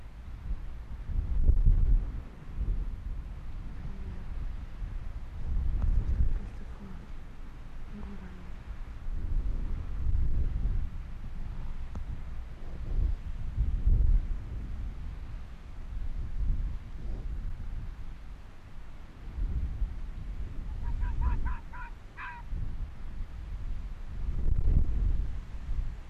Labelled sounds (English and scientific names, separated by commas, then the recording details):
Arctic Fox (Vulpes lagopus)
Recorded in the wild
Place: Insel Mednyi, Kommandeur-Inseln, RU
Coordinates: 54.5167, 168.083
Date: 1999-08-12
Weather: 9°C, leicht bewölkt, starker Südwestwind
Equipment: Sony WM-D6C, Sennheiser ME 80, K 30 AV, Windkorb, Kopie Tascam DA 30
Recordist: Jakupi, Antje